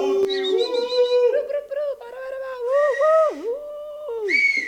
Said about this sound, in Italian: Bella roba. Se lo fa la nenia questo fischio ci manda tutti a letto.